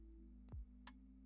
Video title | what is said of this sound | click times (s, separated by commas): I WAITED 15 YEARS FOR THIS - HG Union Flag Custom II (GN FLAG) - Mobile Suit Gundam 00 | There we go. It is a click. There's a click that it needs to do for the mask to open up. | 0.9 s